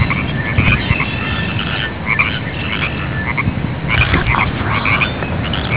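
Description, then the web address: Frog croaks: rough, repeated croaking notes overlapping throughout, over a steady low rumble of background noise. "gretaj. frog"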